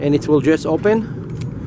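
A glow plug igniter, a metal socket tool, is being pressed down onto the glow plug of a nitro RC car engine while someone talks. Nothing has seated or clicked yet. The clip ends before the igniter locks into place.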